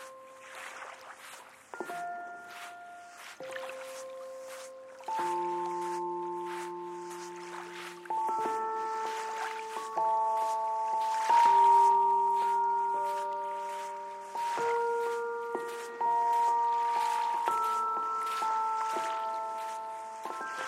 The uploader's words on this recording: Kelley Point Soundwalk distinctly captures the sound of the lapping Columbia River with ASMR-like sensitivity, forming a unique backdrop for piano, strings, and hushed, undulating synth drones.